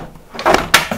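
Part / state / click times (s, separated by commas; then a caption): collection basket onto robot lawn mower body / seated / 0.7 s. A plastic grass collection basket is placed onto the body of a Mammotion Yuka 1500 robot lawn mower and pushed down, with plastic contact and rubbing sounds from about 0.4 s. A sharp click at 0.8 s marks the basket clipping in, after which it is seated and, with the counterweight, does not move.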